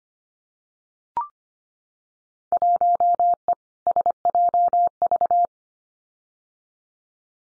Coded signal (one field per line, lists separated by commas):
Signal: Morse code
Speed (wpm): 25 wpm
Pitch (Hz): 700 Hz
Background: none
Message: 1E SJV